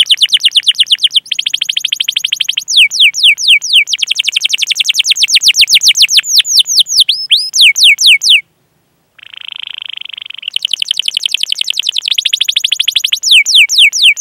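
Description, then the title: Domestic canary song with fast rolling trills and long runs of descending whistles, a short pause, then a harsh buzzy burst before trilling resumes. Lively singing canary with the best song phrasing (cengkok) and most luxurious fills. "Kenari Gacor Cengkok Terbaik Isian Paling Mewah"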